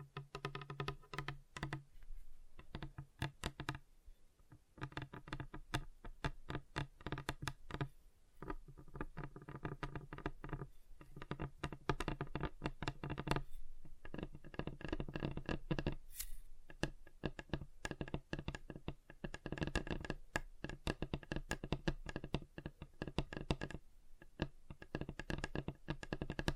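Fingers tap across different surfaces in dense, irregular bursts of sharp clicks and knocks, with brief pauses and a faint steady hum beneath.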